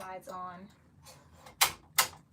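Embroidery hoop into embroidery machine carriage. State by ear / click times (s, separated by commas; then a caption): seated / 1.6 s, 2.0 s. Someone talks as an embroidery hoop frame holding a shirt is slid onto the hoop attachment of a Persona PRS-100 embroidery machine and pushed home. Two sharp plastic clicks follow at 1.6 s and 2.0 s. The hoop is seated in place on the machine's carriage.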